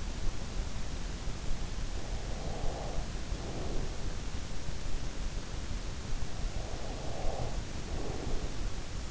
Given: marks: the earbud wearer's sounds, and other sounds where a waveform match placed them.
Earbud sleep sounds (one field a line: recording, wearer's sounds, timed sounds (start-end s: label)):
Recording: sounds in sleep by an in-ear microphone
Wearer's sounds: breath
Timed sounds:
1.88-4.56 s: breath
6.50-9.11 s: breath